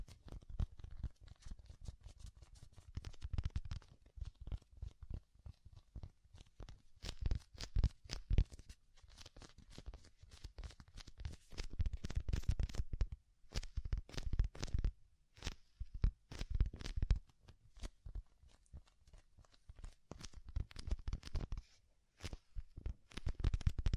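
ASMR triggers of dense, rapid crinkling and scratchy rustles over soft low thumps, running throughout with brief gaps near 14, 15 and 22 seconds.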